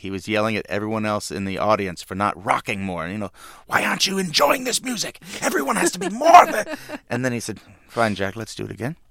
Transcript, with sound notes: He was yelling at everyone else in the audience for not rocking more. You know, why aren't you enjoying this music? Everyone has to be more of it.
(SOUNDBITE OF LAUGHTER)
And then he said, fine, Jack. Let's do it again.